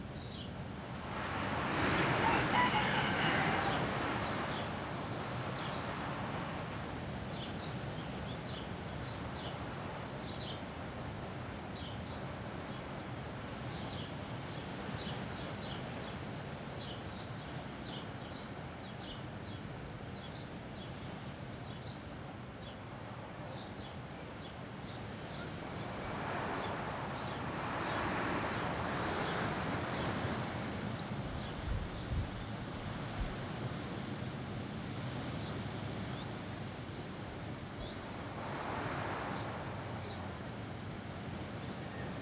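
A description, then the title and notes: Constant wind rushes through a pine tree, a dense steady roar with slow swells, strongest near the start and again around 27–30 seconds and near 39 seconds. A thin, high cicada buzz pulses faintly and regularly above it throughout. Cicadas, pine and wind. Recorded in my garden on a day when the mistral wind was constant, blowing through a pine tree. A single cicada had been present, hiding in the garden all week. Recorded by Andy Cartwright.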